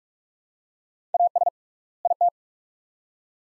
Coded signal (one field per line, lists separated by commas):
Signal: Morse code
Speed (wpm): 45 wpm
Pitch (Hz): 700 Hz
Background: none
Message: AS IT